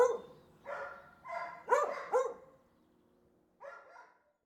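Dog barks, harsh and rapid at first, then a quiet spell and a final short double bark.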